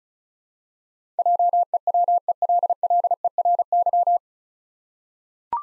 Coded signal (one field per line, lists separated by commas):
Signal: Morse code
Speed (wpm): 36 wpm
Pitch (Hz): 700 Hz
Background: none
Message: JEWELLERY